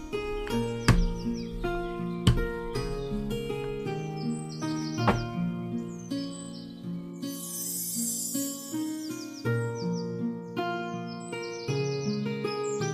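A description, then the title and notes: Forest ambience with repeated high bird chirps over a steady low tonal hum, sharp knocks near the start, and a brief hissing rush midway. Little witch in enchanted forest ASMR ambience. Forest ambience. Walk into the woods looking for herbs.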